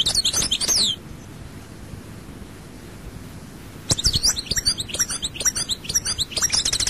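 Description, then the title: European goldfinch song: a short burst of bright twittering, three seconds of quiet, then a longer run of rapid tinkling notes and trills. "Chant Chardonneret"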